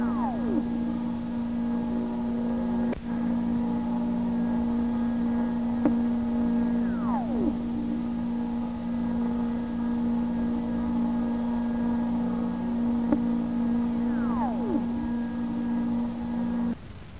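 Superfluid helium-3 whistles in falling glides about every seven seconds over a loud, steady equipment hum, with a few sharp clicks.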